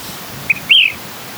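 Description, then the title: Ash-throated flycatcher call: a short high note followed by a louder rising-falling note, over a quiet background hiss. Its distinctive call. Occupies dry scrub, open woodlands and deserts in the West; usually avoids humid forest but sometimes lives in streamside woodland in dry regions. "What’s That Bird?: Ash-throated Flycatcher"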